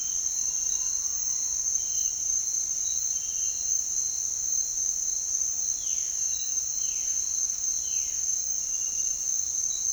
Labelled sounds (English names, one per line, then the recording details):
Violaceous Jay
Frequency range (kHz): Violaceous Jay 1.0-3.8 kHz
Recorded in dense forest near Puerto Asís, Putumayo, Colombia, on 4 March 2025 at 07:00
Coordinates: 0.499, -76.324
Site GP03